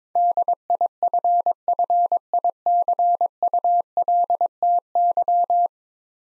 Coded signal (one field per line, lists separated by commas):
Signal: Morse code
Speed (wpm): 21 wpm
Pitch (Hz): 700 Hz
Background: none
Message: DIFFICULTY